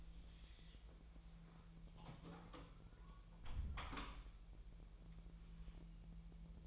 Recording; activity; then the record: daily activity, microphone in the room; close door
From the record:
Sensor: 1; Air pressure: 1001.3 hPa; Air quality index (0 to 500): 249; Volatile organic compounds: 143 ppm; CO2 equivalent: 3990 ppm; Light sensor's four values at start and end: 13/30/12/14 and 12/30/12/13